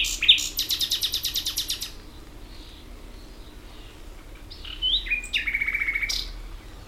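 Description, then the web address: Common nightingale song: a long, fast, throbbing rattle, quiet gap, then whistled phrases ending in another pulsing trill. "ambient nightingale"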